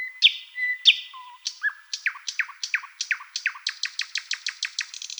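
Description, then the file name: Thrush nightingale song: two loud high whistles, then a fast run of repeated dropping notes that quicken into a dense trill toward the end. "solovey obyknovennyy golos"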